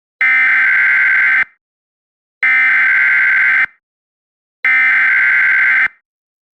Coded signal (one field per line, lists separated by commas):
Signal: Emergency Alert System (SAME) tones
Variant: header bursts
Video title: EAS Scenario: The Great Detroit Tornado Outbreak